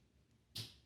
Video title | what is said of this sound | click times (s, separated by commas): 52Toys Infinitybox Firepower Robo Is A Peaceful Weapon Of Destruction Who Wears A Fancy Hat! #review | Snaps into place. | 0.6 s